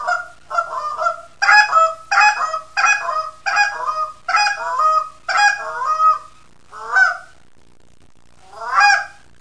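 Canada goose honks, harsh and nasal, in a series of many, then a silent gap before one last honk.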